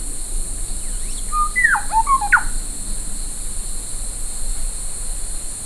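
Bird call made of several clear whistles, a flat note followed by falling slurs and a sharp upsweep, lasting about a second amid background hiss.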